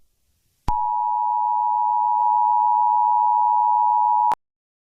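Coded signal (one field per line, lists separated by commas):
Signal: Emergency Alert System (SAME) tones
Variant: 853 and 960 Hz attention tone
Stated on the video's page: Fictional EAS scenario based on a Jurassic Park novel.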